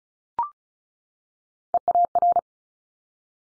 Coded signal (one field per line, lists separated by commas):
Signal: Morse code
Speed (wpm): 36 wpm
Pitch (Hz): 700 Hz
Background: none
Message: EAR